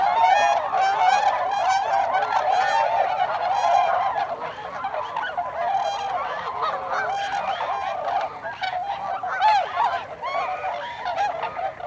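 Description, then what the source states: Tundra swans calling as a flock, a dense, continuous chorus of overlapping nasal, bugling honks, many birds at once with no pauses. Tundra swans, recorded 26 December 2020.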